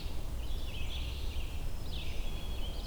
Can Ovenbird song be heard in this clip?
no